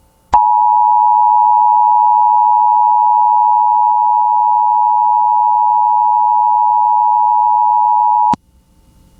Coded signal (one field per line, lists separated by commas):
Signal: Emergency Alert System (SAME) tones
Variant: 853 and 960 Hz attention tone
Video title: (EAS #32) Oklahoma SEVERE THUNDERSTORM WARNING on KALT-FM